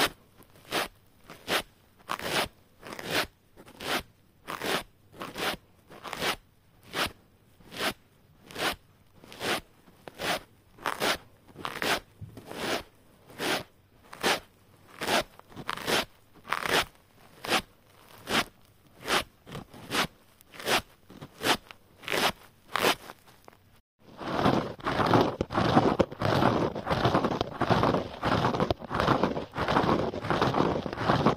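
Scrub sponges are rubbed and scratched in a steady series of separate strokes, roughly two per second, each a short rough crunch. Around 24 seconds the scrubbing turns quicker and continuous, a denser, brighter scratching that runs without gaps to the end.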